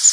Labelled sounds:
Bay-breasted Warbler flight call

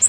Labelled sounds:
Blue-winged Warbler flight call

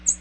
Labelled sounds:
American Redstart flight call

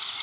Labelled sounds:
Blackburnian Warbler flight call

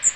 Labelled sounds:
Magnolia Warbler flight call

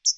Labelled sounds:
Hooded Warbler flight call

